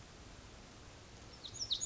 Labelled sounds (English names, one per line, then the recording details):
Pacific Wren
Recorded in Sonoma County, California